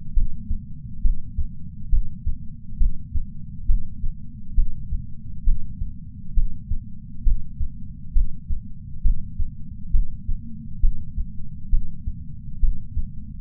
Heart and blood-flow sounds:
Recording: heart sounds by patch sensor on the chest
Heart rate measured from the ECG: 67 bpm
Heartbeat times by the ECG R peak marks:
0.13 s: heartbeat
1.01 s: heartbeat
1.89 s: heartbeat
2.77 s: heartbeat
3.65 s: heartbeat
4.54 s: heartbeat
5.43 s: heartbeat
6.33 s: heartbeat
7.22 s: heartbeat
8.12 s: heartbeat
9.01 s: heartbeat
9.90 s: heartbeat
10.79 s: heartbeat
11.69 s: heartbeat
12.59 s: heartbeat
From the record:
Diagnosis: coronary artery disease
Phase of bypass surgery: intraoperative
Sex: male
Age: 57 years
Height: 175 cm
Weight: 71 kg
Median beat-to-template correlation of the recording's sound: 0.90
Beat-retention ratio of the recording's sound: 0.98

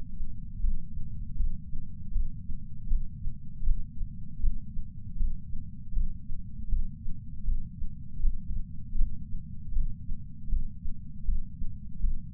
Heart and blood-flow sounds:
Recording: heart sounds by patch sensor on the chest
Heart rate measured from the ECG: 79 bpm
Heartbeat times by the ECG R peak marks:
0.60 s: heartbeat
1.36 s: heartbeat
2.11 s: heartbeat
2.87 s: heartbeat
3.63 s: heartbeat
4.39 s: heartbeat
5.16 s: heartbeat
5.92 s: heartbeat
6.68 s: heartbeat
7.44 s: heartbeat
8.19 s: heartbeat
8.95 s: heartbeat
9.72 s: heartbeat
10.48 s: heartbeat
11.24 s: heartbeat
12.00 s: heartbeat
From the record:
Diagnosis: coronary artery disease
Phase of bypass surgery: intraoperative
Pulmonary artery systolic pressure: 27 mmHg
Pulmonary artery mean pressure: 19 mmHg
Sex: male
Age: 74 years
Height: 170 cm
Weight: 75 kg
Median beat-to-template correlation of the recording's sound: 0.89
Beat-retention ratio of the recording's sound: 0.97

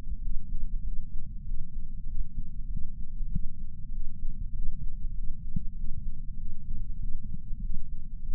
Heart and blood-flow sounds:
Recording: heart sounds by patch sensor on the chest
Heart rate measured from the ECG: 97 bpm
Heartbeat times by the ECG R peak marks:
0.19 s: heartbeat
0.81 s: heartbeat
1.43 s: heartbeat
2.05 s: heartbeat
2.67 s: heartbeat
3.28 s: heartbeat
3.90 s: heartbeat
4.51 s: heartbeat
5.12 s: heartbeat
5.73 s: heartbeat
6.35 s: heartbeat
6.97 s: heartbeat
7.59 s: heartbeat
8.21 s: heartbeat
From the record:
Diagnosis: coronary artery disease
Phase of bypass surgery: preoperative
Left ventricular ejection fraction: 66.8%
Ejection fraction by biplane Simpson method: 67.5%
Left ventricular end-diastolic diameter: 41 mm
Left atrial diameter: 29 mm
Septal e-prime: 9.5 cm/s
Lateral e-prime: 10.6 cm/s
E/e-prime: 8.7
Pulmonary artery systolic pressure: 27 mmHg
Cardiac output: 4.8 L/min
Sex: female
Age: 77 years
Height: 168 cm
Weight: 49 kg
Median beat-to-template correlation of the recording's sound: 0.81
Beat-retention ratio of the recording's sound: 0.99

